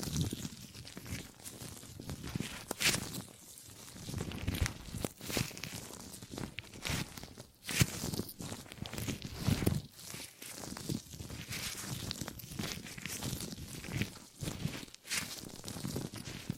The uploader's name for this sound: Gripping and Grabbing Sounds